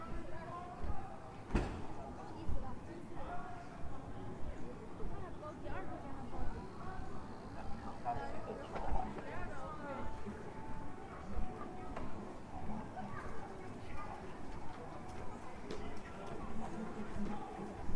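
A busy street scene on Shenyang's Zhongjie, with a steady crowd murmur of many voices talking over one another throughout. Short sharp knocks and clicks pop up irregularly, a strong one near the two-second mark, and a faint tonal line drifts through the middle.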